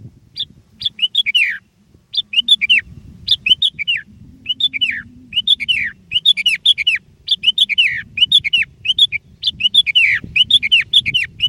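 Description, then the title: Sooty-headed bulbul song: short bubbly whistled phrases of several dropping and rising notes, repeated almost continuously, over a low steady rumble. "kutilang"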